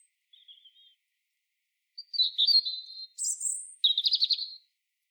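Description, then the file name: European robin song: a faint wavering whistle, pause, then a warbled run, a very high shrill burst and a rapid buzzy trill. "Erithacus rubecula"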